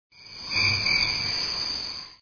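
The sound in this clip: Cicada producing a steady, shrill buzzing drone that swells in quickly, holds at an even high pitch for about two seconds, then stops.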